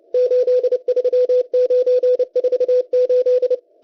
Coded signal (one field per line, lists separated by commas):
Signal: Morse code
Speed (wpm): 30 wpm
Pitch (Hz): 500 Hz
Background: none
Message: 83948